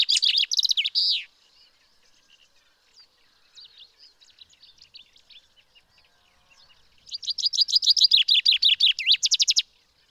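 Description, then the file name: Common chaffinch song: the tail of one phrase, soft scattered chirps, then a full strophe of quick descending notes ending in a final flourish. "Fringilla coelebs"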